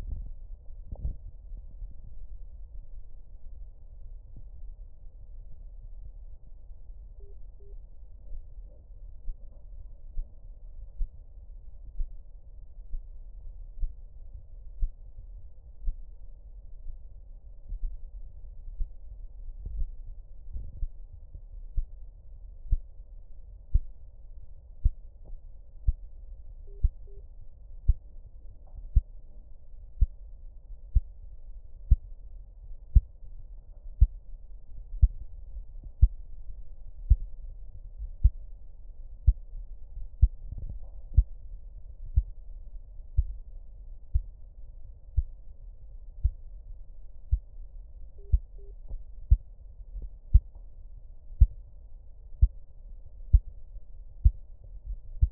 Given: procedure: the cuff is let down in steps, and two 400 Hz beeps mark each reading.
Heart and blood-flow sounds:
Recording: Korotkoff sounds by stethoscope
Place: brachial artery, at the lower edge of an arm cuff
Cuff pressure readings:
7.20-7.73 s: 140 mmHg
26.67-27.20 s: 130 mmHg
48.18-48.71 s: 120 mmHg
From the record:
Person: healthy adult, 24 to 32 years, lying on the back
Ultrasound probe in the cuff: distal

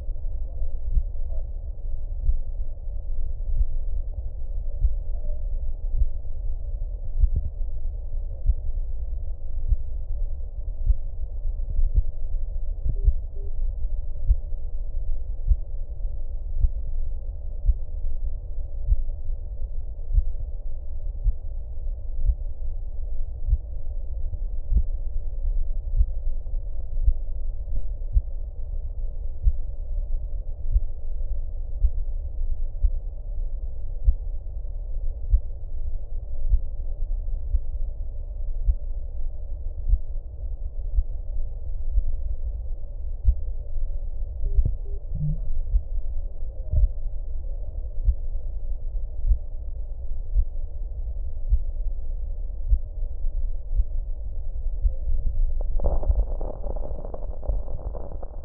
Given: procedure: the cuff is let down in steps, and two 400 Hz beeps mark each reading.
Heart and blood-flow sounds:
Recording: Korotkoff sounds by stethoscope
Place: brachial artery, at the lower edge of an arm cuff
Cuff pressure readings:
12.96-13.48 s: 105 mmHg
44.45-44.98 s: 95 mmHg
From the record:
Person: healthy adult, 24 to 32 years, lying on the back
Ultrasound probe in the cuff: proximal

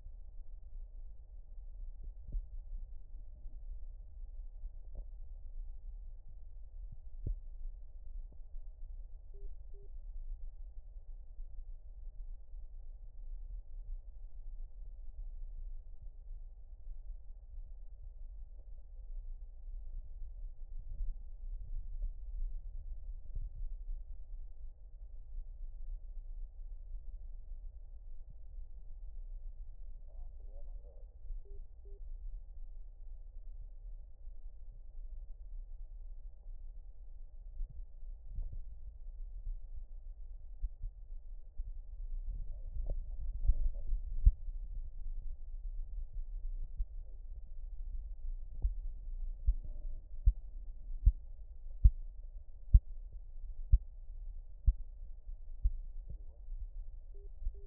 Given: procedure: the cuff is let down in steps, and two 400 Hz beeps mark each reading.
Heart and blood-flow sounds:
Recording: Korotkoff sounds by stethoscope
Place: brachial artery, at the lower edge of an arm cuff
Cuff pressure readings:
9.34-9.87 s: 135 mmHg
31.45-31.98 s: 125 mmHg
57.15-57.67 s: 115 mmHg
From the record:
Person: healthy adult, 24 to 32 years, lying on the back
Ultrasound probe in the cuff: middle

